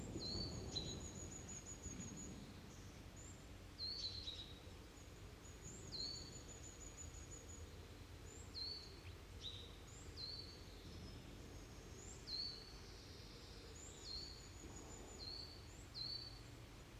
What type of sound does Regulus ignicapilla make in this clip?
call